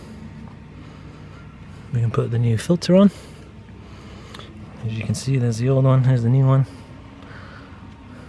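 An old and a new oil filter element for a 2015 Sprinter 2.1L 4-cylinder are held up for comparison before the new element is pressed into the filter housing cap. Someone talks in two bursts over a low steady hum, with a brief sharp tap at 4.4 s. Nothing has seated or clicked yet.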